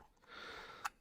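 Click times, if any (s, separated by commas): 0.9 s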